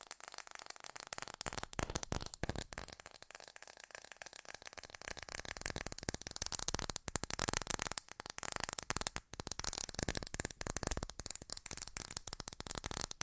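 Fast tapping runs the whole way through, a dense, rapid stream of crisp clicks with a bright, rattling edge. The pace stays quick and fairly even, broken only by brief near-silent gaps every second or two, then resumes at the same intensity.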